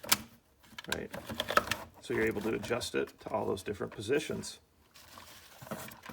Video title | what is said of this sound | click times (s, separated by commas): Showcase, Setup, Demo and FPS Test: ASMRCAP M416 Electric Gel Ball Blaster - CONTEST LINK IN DESC | And then if you want to adjust it, you can hear it clicking in place. | 0.1 s